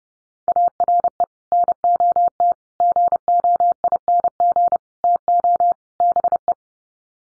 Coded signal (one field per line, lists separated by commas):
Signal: Morse code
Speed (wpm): 30 wpm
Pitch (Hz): 700 Hz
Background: none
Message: ARE NOT GOING TO BE